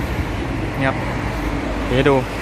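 Someone talks briefly over a steady background hum while the lid of a storage box in a pickup-truck bed is handled, its latch heading into the box body. The lid is not yet latched shut: nothing has seated or clicked yet.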